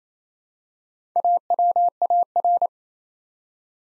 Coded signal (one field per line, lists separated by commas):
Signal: Morse code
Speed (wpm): 27 wpm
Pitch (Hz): 700 Hz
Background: none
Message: AWAR